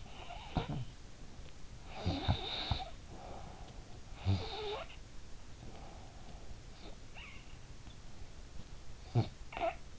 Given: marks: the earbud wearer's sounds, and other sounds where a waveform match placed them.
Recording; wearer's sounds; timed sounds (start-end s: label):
sounds in sleep by an in-ear microphone; snoring breath
0.00-1.29 s: snoring breath
1.64-3.69 s: snoring breath
3.98-5.04 s: snoring breath
8.82-9.99 s: snoring breath